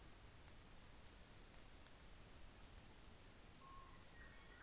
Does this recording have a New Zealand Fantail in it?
no